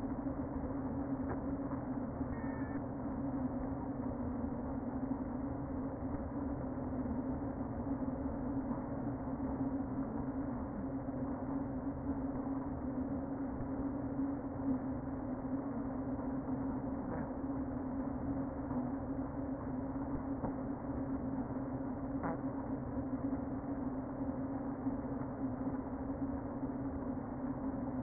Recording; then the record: honeybee colony, microphone inside the hive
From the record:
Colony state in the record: queen present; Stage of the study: before two queens were removed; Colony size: about 60,000 bees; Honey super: yes